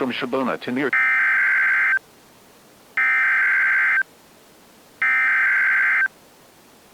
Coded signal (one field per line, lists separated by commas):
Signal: Emergency Alert System (SAME) tones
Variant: header bursts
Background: speech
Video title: (EAS#3) TORNADO WARNING (02/27/2024)